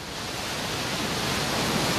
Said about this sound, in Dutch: Want dan denk je aan zand, zon, de branding. Maar zo klinkt het vanaf nu ook in Hartje Rotterdam. Daar is in de gracht naast de markthal een kunstmatige golfsurfbaan aangelegd.